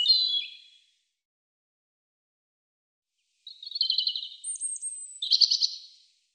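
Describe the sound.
European robin song: the tail of one warbling phrase, silence, then a longer phrase of rippling trills, a very high drawn-out whistle and a final rich twittering burst.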